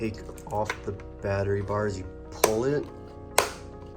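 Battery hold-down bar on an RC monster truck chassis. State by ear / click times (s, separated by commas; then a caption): released / 3.4 s. Someone talks while pulling the battery hold-down bar on a Traxxas Xmaxx RC monster truck chassis to take it off. The bar releases with a sharp snap at 3.4 s.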